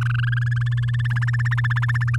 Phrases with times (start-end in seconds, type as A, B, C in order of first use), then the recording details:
0.01-0.63 A, 0.66-2.16 B. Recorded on 7 May 2018 at 05:34. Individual llb16